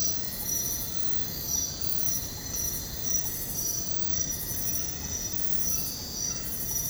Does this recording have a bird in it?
no